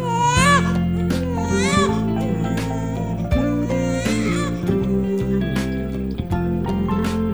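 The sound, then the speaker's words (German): A baby girl cries in loud, rising wails, with a couple of long sobbing bursts and shorter fussy whimpers between them, all over a steady low droning background. “Frau Kommissarin, hier ist das Kind. Ein Mädchen.”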